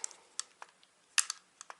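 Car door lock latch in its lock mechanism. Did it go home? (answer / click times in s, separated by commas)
no / none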